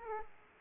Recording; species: mosquito wingbeat signal from an infrared sensor; Aedes aegypti